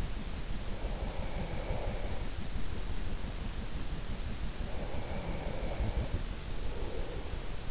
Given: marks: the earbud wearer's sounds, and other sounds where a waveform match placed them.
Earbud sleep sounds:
sounds in sleep by an in-ear microphone; breath
0.86-2.80 s: breath
4.68-7.71 s: breath

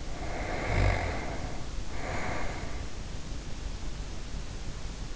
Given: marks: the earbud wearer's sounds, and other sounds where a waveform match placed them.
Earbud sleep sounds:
sounds in sleep by an in-ear microphone; snoring breath
0.00-3.02 s: snoring breath

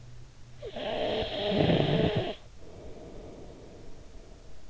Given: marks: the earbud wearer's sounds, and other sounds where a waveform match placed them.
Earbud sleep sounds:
sounds in sleep by an in-ear microphone; snoring breath
0.49-4.44 s: snoring breath

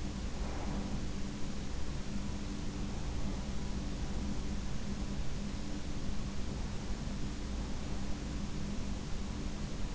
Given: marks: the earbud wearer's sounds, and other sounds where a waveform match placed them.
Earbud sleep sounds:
sounds in sleep by an in-ear microphone; breath
0.00-1.31 s: breath

